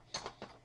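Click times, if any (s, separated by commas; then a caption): 0.1 s. An iPhone 5 display assembly, its top clips hooked in first, is slid up and worked carefully down the edges without much pressure into a new gold metal rear housing. A sharp snap at 0.2 s is followed by softer clicks around 0.3 s and 0.4 s. The display assembly seats in the housing.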